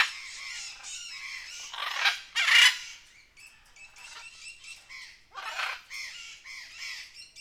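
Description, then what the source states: Birds chattering harshly in a crowded chorus, with a burst of loud screeching squawks early on and steady nasal calls continuing afterward. Jungle setting; from the Best Service Blue Box sound library.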